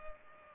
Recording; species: mosquito wingbeat signal from an infrared sensor; Culex pipiens